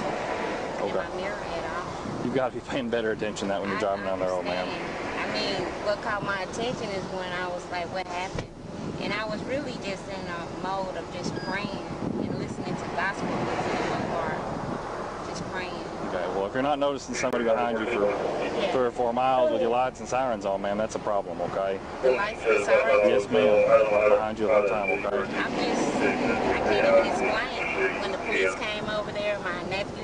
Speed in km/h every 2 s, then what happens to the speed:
0, 0, 0, 0, 0, 0, 0, 0, 0, 0, 0, 0, 0, 0, 0.
0-30 standing.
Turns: none.